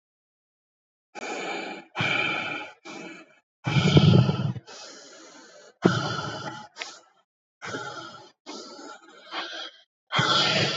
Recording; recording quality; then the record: deep breathing; excellent, no background noise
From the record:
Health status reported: COVID-19 positive, mild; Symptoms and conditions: cough, cold, muscle pain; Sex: male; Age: 25 years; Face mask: not worn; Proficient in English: yes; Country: India